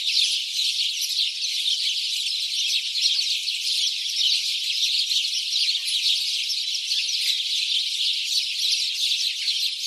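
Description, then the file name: House sparrow chorus of rapid overlapping chirps, steady and dense throughout the whole recording, with nothing else clearly heard. "Passer domesticus"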